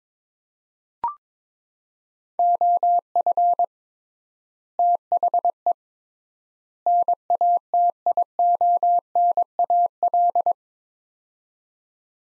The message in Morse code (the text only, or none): OF THE NATIONAL